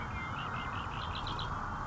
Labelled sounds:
Red-winged Blackbird (Agelaius phoeniceus)
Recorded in Sonoma County, California

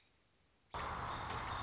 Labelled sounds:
American Robin (Turdus migratorius)
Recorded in Sonoma County, California

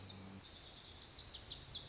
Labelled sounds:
Lazuli Bunting (Passerina amoena)
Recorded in Sonoma County, California

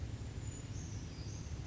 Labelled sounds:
Brown Creeper (Certhia americana)
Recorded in Sonoma County, California

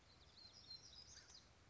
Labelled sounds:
Black-throated Gray Warbler (Setophaga nigrescens)
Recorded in Sonoma County, California

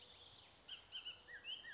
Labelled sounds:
Bullock's Oriole (Icterus bullockii)
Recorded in Sonoma County, California

